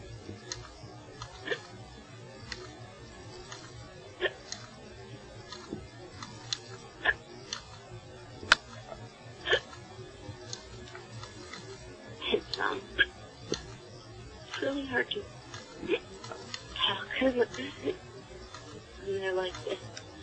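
An adult hiccups repeatedly over twenty seconds: short, sharp hiccup sounds, roughly fifteen or more, about one every second or so. Some are faint clicks and others are louder, voiced 'hic' catches. Together they are a typical run of ongoing hiccups.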